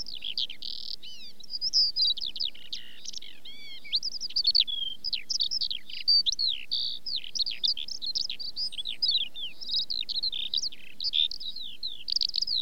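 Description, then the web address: Eurasian skylark singing a continuous, high, bubbling stream of twittering notes, quick slurs and short trills, with steady soft rumble underneath. British bird. "The BBC Sound Effects Library. Skylark"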